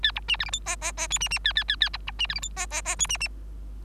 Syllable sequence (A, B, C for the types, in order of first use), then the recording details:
A B C D E F G G G H C C A A A A B B C D E F G G G H C C. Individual Bird3